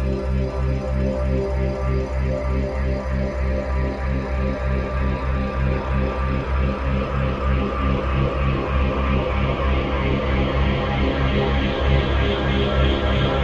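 A full-spectrum binaural tone built on a low C# drone, dense and steady, with a fast regular throb that brightens slightly toward the end.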